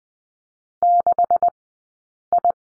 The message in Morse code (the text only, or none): 6I